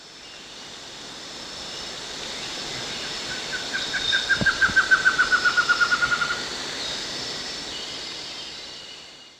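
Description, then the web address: Scarlet-rumped Trogon calling a series of many short, evenly spaced notes that slowly descend in pitch over about two seconds, over a steady high background hum. Recorded at Danum on 1 March 2008. "DANUM 20080301. scarlet-rumped trogon"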